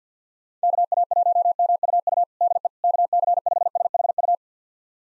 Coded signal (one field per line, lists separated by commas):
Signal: Morse code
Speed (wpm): 50 wpm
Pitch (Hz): 700 Hz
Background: none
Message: KA1MUU DE KC5SHU